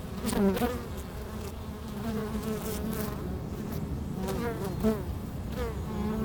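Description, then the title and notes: Honey bees droning in a continuous low hum, with occasional single bees flying past as brief bending buzzes. Honey bees recorded at a hive entrance in a bee pavilion of a botanical garden in Meise, Belgium, with microphones placed at the entrance of the hive. "Meise, Jardin botanique. Pavillon des abeilles, micros placés à l'entrée de la ruche."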